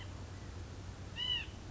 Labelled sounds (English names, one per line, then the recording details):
White-breasted Nuthatch
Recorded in Sonoma County, California